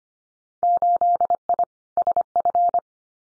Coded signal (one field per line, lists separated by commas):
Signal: Morse code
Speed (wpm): 25 wpm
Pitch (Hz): 700 Hz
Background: none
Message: 8I SF